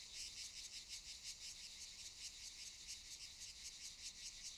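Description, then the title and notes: Cicada song: a dense, shrill buzz throbbing in quick regular pulses. Cicadas recorded around 18:40 in the evening on Monte de Valdelatas near Universidad Autónoma de Madrid, Spain, before Madrid reached Phase 3 of COVID de-escalation. "Sonido de cigarras y chicharras. A las 18:40 de la tarde aproximadamente, en el monte de Valdelatas próximo a la Universidad Autónoma de Madrid"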